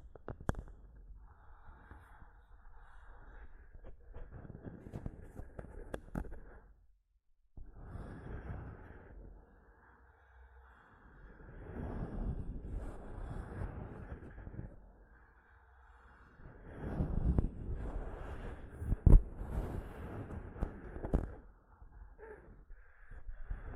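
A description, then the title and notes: Mic tapping and scratching comes in uneven bursts of scraping and rustling, with sharp taps near six and nineteen seconds and brief silences between. ASMR Mic Tapping and Scratching (No Talking).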